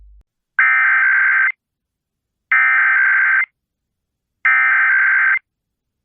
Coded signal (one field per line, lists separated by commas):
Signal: Emergency Alert System (SAME) tones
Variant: header bursts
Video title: Top 5 SCARIEST Emergency Alerts.